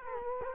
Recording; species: mosquito wingbeat signal from an infrared sensor; Culex quinquefasciatus